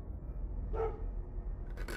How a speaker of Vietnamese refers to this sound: Ở phía cuối căn phòng có tiếng chó sủa, tiếng hú, tiếng cạo móng tay vào vách tường.